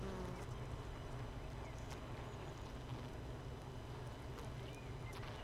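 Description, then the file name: Honey bees humming steadily in a low, even drone, with faint high clicks scattered across it. Hive 1 with no queen, recorded 31 May 2018, apparently at 15:30. "Hive 1 31 05 2018 NO Queen Bee H 1 audio 15 30 00"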